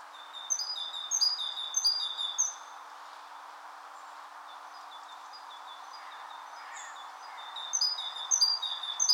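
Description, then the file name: Great tit: runs of high, thin repeated notes near the start and again near the end, over steady background noise. "Parus major"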